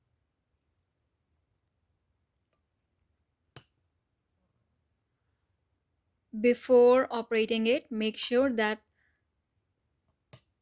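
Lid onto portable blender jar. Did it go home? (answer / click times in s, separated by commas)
no / none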